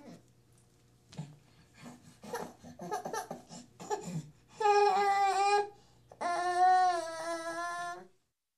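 A newborn baby fusses with short, choppy whimpers for a few seconds, then breaks into two long, high-pitched wails of about one and two seconds. It is the typical sustained, tonal cry of a newborn baby in a small indoor room.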